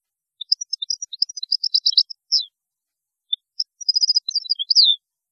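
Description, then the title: European goldfinch song in two phrases of quick tinkling, twittering notes, each ending in a slurred downward note, with a pause between. "Chant Chardonneret"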